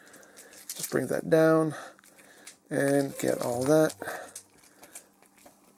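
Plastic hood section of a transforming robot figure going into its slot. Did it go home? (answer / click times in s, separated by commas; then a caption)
yes / 4.4 s, 5.0 s. The plastic hood section of a Studio Series Deluxe Wheeljack transforming robot figure is brought down and pressed so its tab goes into its slot while someone talks. Small plastic clicks are heard at about 4.4 and 5.0 seconds as the hood snaps into place.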